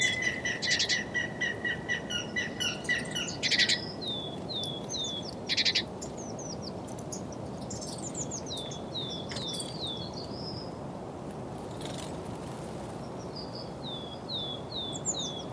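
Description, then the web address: Grey-headed woodpecker: a series of whistled notes in the first few seconds, with a few buzzy bursts and many higher down-slurred notes after, over a steady low rushing background. "linnut harmaap 2. linnut taustaa aanet"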